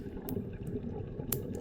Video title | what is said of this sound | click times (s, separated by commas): VAER D5 Meridian Black Dial 42mm Automatic Watch Review | You have a secure fold over clasp that clicks into place firmly, as you can hear that, | 1.3 s